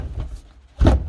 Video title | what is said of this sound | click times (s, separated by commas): MR2 Roadster roof removal guide | You hear it pop off, and then we can take out the parcel shelf. | 0.9 s